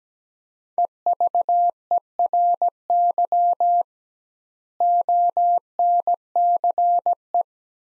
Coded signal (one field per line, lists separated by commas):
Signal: Morse code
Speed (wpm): 17 wpm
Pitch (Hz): 700 Hz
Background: none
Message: EVERY ONCE